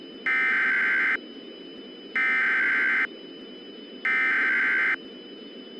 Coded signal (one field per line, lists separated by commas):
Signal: Emergency Alert System (SAME) tones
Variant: header bursts